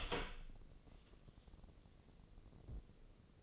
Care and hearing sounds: daily activity, microphone in the room; open door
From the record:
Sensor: 4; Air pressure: 1013.2 hPa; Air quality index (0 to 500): 176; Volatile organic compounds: 2 ppm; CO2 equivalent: 1111 ppm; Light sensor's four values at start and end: 67/163/69/68 and 93/234/96/101

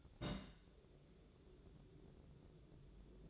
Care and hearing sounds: daily activity, microphone in the room; place on stove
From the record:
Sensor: 3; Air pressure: 1008.1 hPa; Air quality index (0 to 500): 133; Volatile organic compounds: 2 ppm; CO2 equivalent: 1098 ppm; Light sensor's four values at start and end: 8/20/8/8 and 8/20/8/8

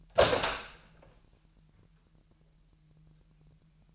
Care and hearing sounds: daily activity, microphone in the room; open door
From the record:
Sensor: 2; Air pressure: 998.3 hPa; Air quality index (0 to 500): 137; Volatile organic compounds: 4 ppm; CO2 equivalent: 1552 ppm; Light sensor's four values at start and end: 12/36/14/14 and 12/36/14/14

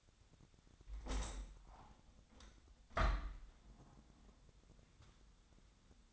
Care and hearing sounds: daily activity, microphone in the room; open window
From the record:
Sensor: 3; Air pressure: 1006.4 hPa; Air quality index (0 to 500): 188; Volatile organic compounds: 13 ppm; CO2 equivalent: 2386 ppm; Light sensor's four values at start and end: 9/22/9/9 and 10/24/10/10

